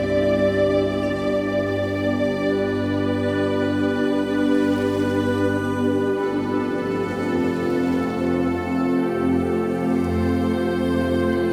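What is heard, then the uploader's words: Piano plays slow, sustained chords with the pedal held, notes ringing into one another in a warm low and middle range. The harmony shifts every couple of seconds while the level stays even throughout, with a faint steady hiss beneath. Pleasant Piano by the Falls.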